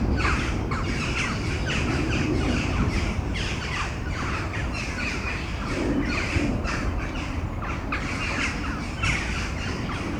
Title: Domaine de Tivoli, Malines, Belgique, Belgium - Corneilles avant lorage - Crows before the storm